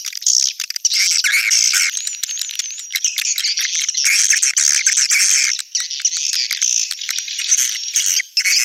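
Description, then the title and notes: Swiftlets chattering, high rattling and buzzy twitters running almost nonstop, broken by a few brief pauses. Swiftlet sounds used in swiftlet farming in Asia. "Swiflet Bird Sound. Farming Swiflet Bird asia sound"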